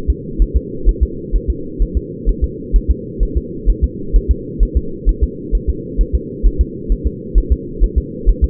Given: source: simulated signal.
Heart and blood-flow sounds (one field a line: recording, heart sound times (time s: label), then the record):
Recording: fetal heart sounds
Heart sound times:
0.10 s: S2
0.42 s: S1
0.56 s: S2
0.89 s: S1
1.03 s: S2
1.35 s: S1
1.50 s: S2
1.82 s: S1
1.97 s: S2
2.29 s: S1
2.44 s: S2
2.76 s: S1
2.90 s: S2
3.23 s: S1
3.37 s: S2
3.70 s: S1
3.84 s: S2
4.16 s: S1
4.31 s: S2
4.63 s: S1
4.77 s: S2
5.09 s: S1
5.23 s: S2
5.55 s: S1
5.69 s: S2
6.01 s: S1
6.15 s: S2
6.46 s: S1
6.61 s: S2
6.92 s: S1
7.07 s: S2
7.38 s: S1
7.52 s: S2
7.84 s: S1
7.98 s: S2
8.29 s: S1
8.44 s: S2
From the record:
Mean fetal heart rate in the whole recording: 130 bpm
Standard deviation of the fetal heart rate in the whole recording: 2 bpm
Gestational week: 36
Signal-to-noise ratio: -4.3 dB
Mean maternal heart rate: 72 bpm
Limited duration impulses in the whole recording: absent